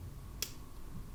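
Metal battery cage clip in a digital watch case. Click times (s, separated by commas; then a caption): 0.4 s. The small metal battery cage clip inside an Armitron digital watch is pressed closed over a new coin cell. A single sharp, bright click sounds at 0.4 s above a quiet low hum. The cage snaps shut and is correctly closed.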